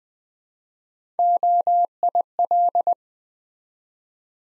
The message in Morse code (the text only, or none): OIL